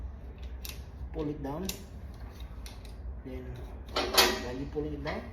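While undoing a ratchet tie-down strap, the metal release lock lever on the ratchet handle is pulled down, and a single sharp click sounds at 0.7 s, the click that marks the right part, and the lock is released. Someone talks throughout, with a couple of fainter ticks around 2.7 s and 2.9 s.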